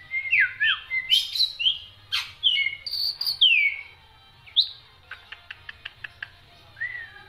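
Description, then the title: Black-winged myna song, varied whistles and harsh notes, then a quick series of clicking ticks and a final short whistle. Dense, non-stop song with many variations, used as a tutor recording for training songbirds. "Kicauan Rapat Jalak Putih Gacor Banyak Variasi Untuk Masteran"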